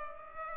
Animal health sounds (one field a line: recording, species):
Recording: mosquito wingbeat signal from an infrared sensor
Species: Culex pipiens